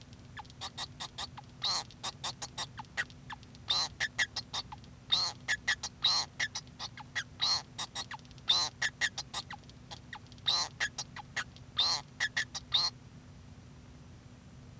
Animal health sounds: song of a male Bengalese finch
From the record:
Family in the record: son of father 2

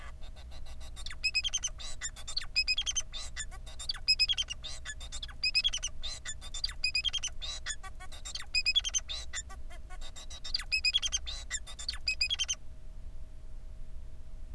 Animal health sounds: song of a male Bengalese finch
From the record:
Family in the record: son of father 4

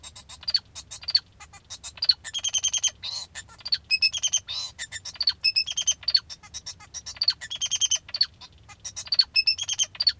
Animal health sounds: song of a male Bengalese finch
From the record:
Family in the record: father 2

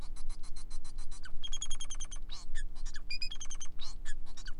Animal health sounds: song of a male Bengalese finch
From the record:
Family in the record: son of father 4

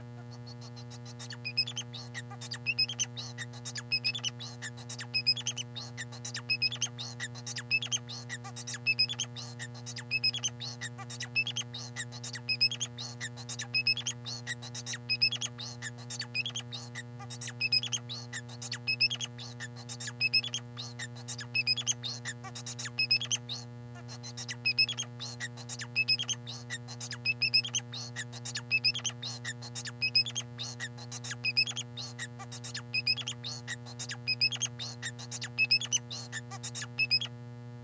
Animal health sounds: song of a male Bengalese finch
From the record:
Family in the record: son of father 4

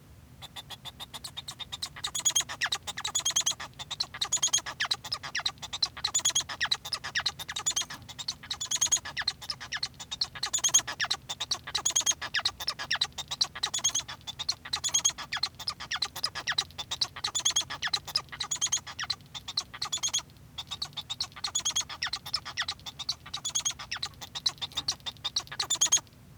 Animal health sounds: song of a male Bengalese finch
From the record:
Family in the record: son of father 1

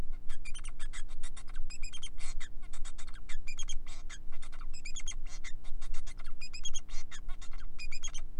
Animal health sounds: song of a male Bengalese finch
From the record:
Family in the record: son of father 4

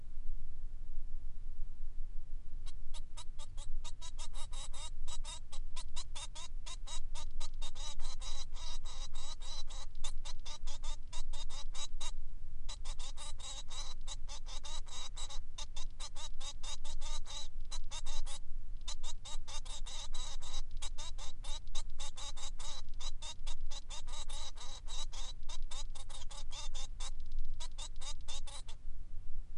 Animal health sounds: song of a male Bengalese finch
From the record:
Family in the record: son of father 3

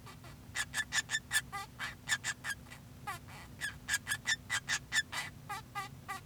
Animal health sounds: song of a male Bengalese finch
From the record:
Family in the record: son of father 2

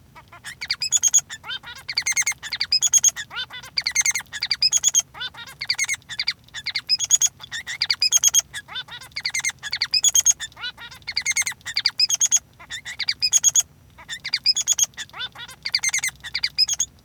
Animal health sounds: song of a male Bengalese finch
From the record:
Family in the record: son of father 3

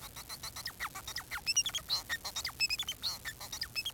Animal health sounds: song of a male Bengalese finch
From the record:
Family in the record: son of father 4

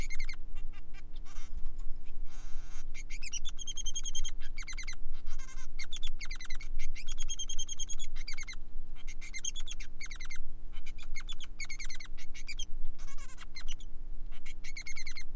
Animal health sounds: song of a male Bengalese finch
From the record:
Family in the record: son of father 3

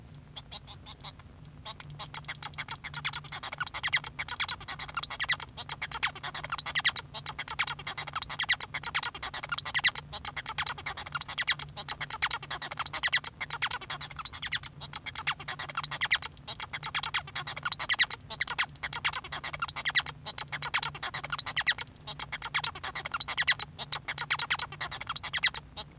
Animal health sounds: song of a male Bengalese finch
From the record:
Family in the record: son of father 1

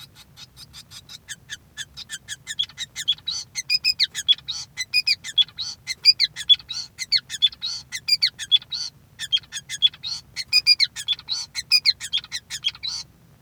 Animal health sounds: song of a male Bengalese finch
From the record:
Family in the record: son of father 5

